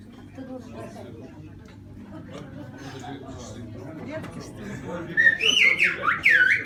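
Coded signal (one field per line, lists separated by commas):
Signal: whistled language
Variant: Silbo Gomero (whistled Spanish)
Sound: crowd chatter and talk, then a loud rising and falling whistle near the end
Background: audience chatter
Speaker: Окей, все, запомнили, да? Видели все. Поехали. Как мои часы. Улетают.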